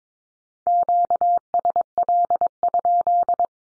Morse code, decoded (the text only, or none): QSL?